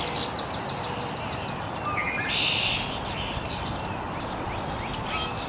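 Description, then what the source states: Birds calling: eight sharp, very high ticks at irregular intervals, with fainter chirps and steady hiss beneath. Birds chirping very early in the morning in an estuary.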